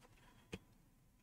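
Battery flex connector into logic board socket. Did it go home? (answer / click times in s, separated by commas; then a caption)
no / none. An iPhone X battery flex connector is pressed onto its logic board socket during a water-damage screen replacement. A brief sharp sound at about 0.5 s and a softer one near 1.2 s stand out over a quiet background, but the connector has not clicked into place, so it is removed to be tried again.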